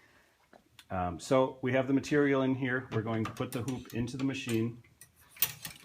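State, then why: Seated. Someone talks as a tubular embroidery hoop with fabric in it is pushed onto the hoop arms of a multi-needle embroidery machine. A sharp hit sounds at 5.4 s as the hoop locks in place on the arms.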